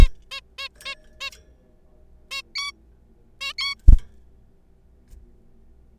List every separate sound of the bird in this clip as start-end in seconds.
0.01-0.08, 0.31-0.41, 0.58-0.69, 0.85-0.95, 1.21-1.30, 2.31-2.42, 2.55-2.72, 3.41-3.53, 3.58-3.75